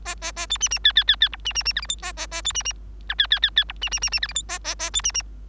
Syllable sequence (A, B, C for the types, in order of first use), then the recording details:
A A A B C C D D D D E C C C F G H A A A B C C I D D D D E C C C C F G H A A A B C C. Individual Bird3